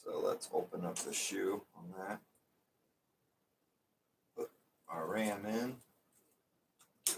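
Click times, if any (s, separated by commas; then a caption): 7.1 s. Someone talks while a RAM stick is pushed down into a motherboard memory slot. The slot's retention clip snaps shut with a sharp click at 7.1 s, and the module is seated.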